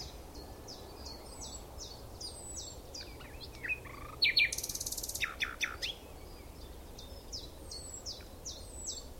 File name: Luscinia megarhynchos